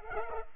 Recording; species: mosquito wingbeat signal from an infrared sensor; Culex pipiens